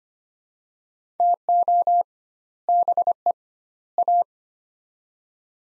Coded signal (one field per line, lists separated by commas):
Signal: Morse code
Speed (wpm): 25 wpm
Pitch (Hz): 700 Hz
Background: none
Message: TO BE A